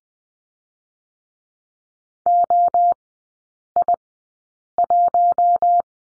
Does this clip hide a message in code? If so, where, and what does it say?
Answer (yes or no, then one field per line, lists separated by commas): yes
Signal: Morse code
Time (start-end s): 2.3-5.8 s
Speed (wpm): 20 wpm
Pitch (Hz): 700 Hz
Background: none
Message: OI1